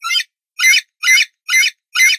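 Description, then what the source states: Eagle chick giving harsh, raspy squawks, five in a row, each about a quarter second long and repeated roughly every half second. Eaglet, a young eagle.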